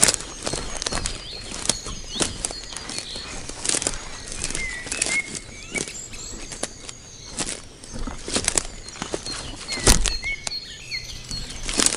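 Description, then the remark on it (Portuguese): Small birds chirp and tweet outdoors in scattered, high-pitched bursts over a steady background hiss, with occasional sharp rustling or flapping sounds breaking in. No one speaks. “Vocês estão ouvindo aí os barulhos dos passarinhos e tal?”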